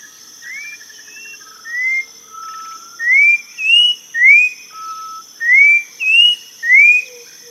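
Bird giving clear whistled notes, mostly short upslurs, repeated about every half second to second, with a faint steady high tone throughout.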